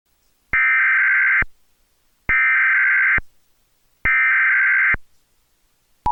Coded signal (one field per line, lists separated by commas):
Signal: Emergency Alert System (SAME) tones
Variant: header bursts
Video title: EAS #44 - Tornado Warning